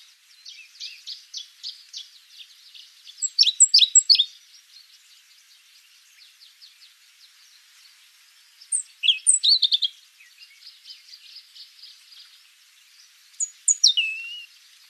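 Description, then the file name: European robin uttering three brief bursts of high, thin, tumbling notes, spaced several seconds apart, over a steady background of rapid, high, insect-like pulsing. "Erithacus rubecula"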